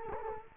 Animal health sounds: mosquito wingbeat signal from an infrared sensor; Culex quinquefasciatus

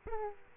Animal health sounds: mosquito wingbeat signal from an infrared sensor; Aedes aegypti

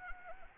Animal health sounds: mosquito wingbeat signal from an infrared sensor; Anopheles arabiensis

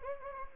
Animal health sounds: mosquito wingbeat signal from an infrared sensor; Anopheles gambiae

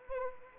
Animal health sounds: mosquito wingbeat signal from an infrared sensor; Anopheles arabiensis

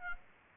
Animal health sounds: mosquito wingbeat signal from an infrared sensor; Aedes aegypti

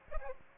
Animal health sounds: mosquito wingbeat signal from an infrared sensor; Aedes aegypti

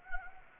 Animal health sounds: mosquito wingbeat signal from an infrared sensor; Anopheles gambiae

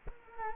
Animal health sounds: mosquito wingbeat signal from an infrared sensor; Culex quinquefasciatus

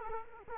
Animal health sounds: mosquito wingbeat signal from an infrared sensor; Culex quinquefasciatus

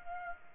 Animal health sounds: mosquito wingbeat signal from an infrared sensor; Culex pipiens

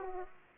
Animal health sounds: mosquito wingbeat signal from an infrared sensor; Aedes aegypti

